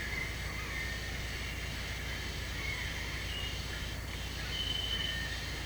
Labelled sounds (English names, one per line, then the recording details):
none
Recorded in secondary vegetation near Puerto Asís, Putumayo, Colombia, on 13 March 2025 at 18:00
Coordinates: 0.498, -76.327
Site G001